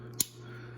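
The large flat-tip screwdriver blade of a 2003 Victorinox Switzerland Alox Soldier Swiss Army pocket knife is worked again to double-check its half stop. The backspring snaps it into the half stop with a sharp click at 0.2 s over a steady low hum, confirming that this blade does have a half stop.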